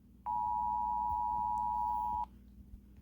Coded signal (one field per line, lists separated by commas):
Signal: Emergency Alert System (SAME) tones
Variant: 853 and 960 Hz attention tone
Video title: eas scenario red lake